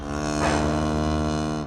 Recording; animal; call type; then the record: contact call of a hoofed animal; cattle; low-frequency (closed-mouth) or high-frequency (open-mouth) call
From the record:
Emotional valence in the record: negative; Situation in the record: full separation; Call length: 1.66 s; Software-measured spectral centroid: 2320 Hz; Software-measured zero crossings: 1540 a second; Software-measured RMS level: -24 dBFS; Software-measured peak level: -9 dBFS